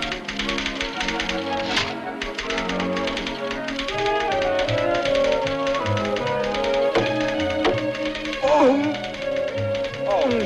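Rapid, crisp typewriter key clacks rattle in steady bursts over a full, bright orchestral melody of strings and brass, the sharp taps cutting clearly through the loud music.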